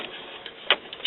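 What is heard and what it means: A low-profile refillable plastic ink cartridge from a CIS auto-refill system is pushed down into the carriage of an Epson WorkForce WF-7620, WF-7610 or WF-7110 inkjet printer over a steady low background hiss. A sharp, bright click sounds at 0.7 s, with a few faint ticks around it and a smaller click at 1.1 s. The cartridge is seated.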